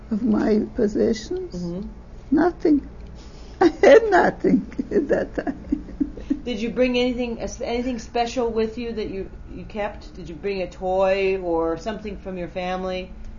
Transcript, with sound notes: Of my possessions?
Uh-huh.
Nothing. I had nothing at that time. ( she laughs )
Did you bring anything special with you that you kept? Did you bring a toy, or something from your family?